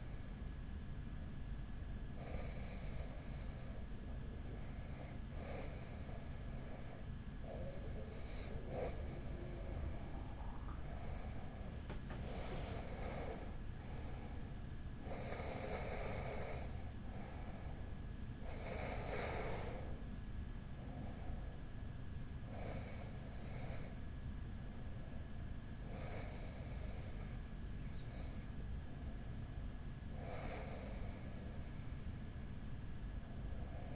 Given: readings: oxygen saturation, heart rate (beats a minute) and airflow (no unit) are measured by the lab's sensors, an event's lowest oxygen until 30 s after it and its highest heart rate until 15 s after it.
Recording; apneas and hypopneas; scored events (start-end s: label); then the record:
breathing in sleep by a smartphone at the bedside; none
none scored
From the record:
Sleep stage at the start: REM sleep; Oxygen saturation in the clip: 93 to 96%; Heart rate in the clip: 42 to 56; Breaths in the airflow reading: 9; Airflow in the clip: -6.7 to 7.2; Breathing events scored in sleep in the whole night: 207 in 7.6 hours asleep